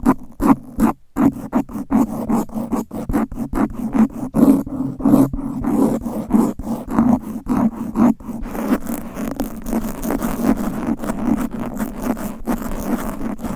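Fast, aggressive mic scratching: dense rough rasping bursts with a low rumbling core, choppy and stuttering early, then steadier and continuous after eight seconds.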